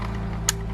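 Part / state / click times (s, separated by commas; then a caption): Bluetooth adapter connector into car stereo wiring plug / seated / 0.5 s. The connector of an aftermarket Bluetooth audio module is pushed into the audio wiring plug of a Ford Falcon FG until it seats. Over a steady low hum, one short, sharp click sounds at 0.5 s, and the connector is confirmed clicked in and seated.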